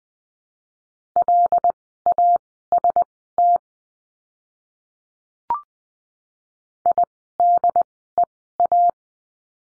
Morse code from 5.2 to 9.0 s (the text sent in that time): IDEA